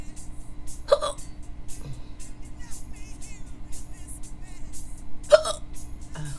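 Two sharp, abrupt hiccup sounds from an adult, each a brief voiced catch, come about four and a half seconds apart, roughly 13 to 14 a minute. These are ordinary hiccups. A steady hum and low vehicle-like rumble run underneath.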